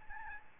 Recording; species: mosquito wingbeat signal from an infrared sensor; Aedes albopictus